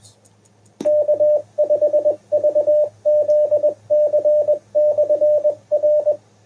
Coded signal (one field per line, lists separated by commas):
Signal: Morse code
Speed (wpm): 20 wpm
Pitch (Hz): 600 Hz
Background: none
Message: K5VZC/R